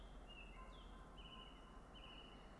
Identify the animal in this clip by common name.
Song Thrush